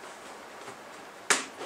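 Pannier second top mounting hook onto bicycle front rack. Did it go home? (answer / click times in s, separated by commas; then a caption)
yes / 1.3 s. The second upper plastic mounting hook of a Vaude Aqua Front bicycle pannier is pressed onto the front rack tube. After quiet handling noise, it snaps shut with one sharp click at 1.3 s, and the hook is seated and locked.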